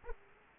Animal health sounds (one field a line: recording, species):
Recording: mosquito wingbeat signal from an infrared sensor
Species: Aedes aegypti